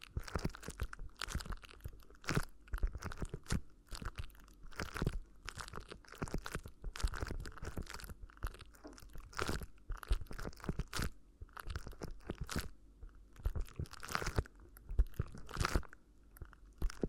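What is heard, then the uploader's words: Crinkly ear massage sounds: dense, crackling crunches and rustles come in quick irregular bursts, with sharp bright snaps every second or so. Between bursts a faint low rumble and soft crinkling continue, and the texture stays busy throughout. ASMR Addictive Crinkly Ear Massage (No Talking).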